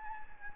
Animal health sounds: mosquito wingbeat signal from an infrared sensor; Anopheles gambiae

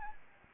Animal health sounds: mosquito wingbeat signal from an infrared sensor; Anopheles gambiae

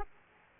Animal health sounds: mosquito wingbeat signal from an infrared sensor; Aedes aegypti

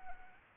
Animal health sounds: mosquito wingbeat signal from an infrared sensor; Anopheles arabiensis

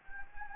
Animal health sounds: mosquito wingbeat signal from an infrared sensor; Anopheles gambiae

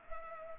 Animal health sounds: mosquito wingbeat signal from an infrared sensor; Culex pipiens

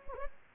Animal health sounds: mosquito wingbeat signal from an infrared sensor; Anopheles gambiae

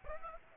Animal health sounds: mosquito wingbeat signal from an infrared sensor; Aedes aegypti

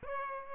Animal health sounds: mosquito wingbeat signal from an infrared sensor; Aedes aegypti

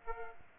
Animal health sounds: mosquito wingbeat signal from an infrared sensor; Aedes aegypti

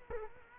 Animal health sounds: mosquito wingbeat signal from an infrared sensor; Culex quinquefasciatus

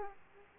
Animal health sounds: mosquito wingbeat signal from an infrared sensor; Aedes aegypti

